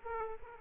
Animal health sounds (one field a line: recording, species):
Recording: mosquito wingbeat signal from an infrared sensor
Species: Aedes aegypti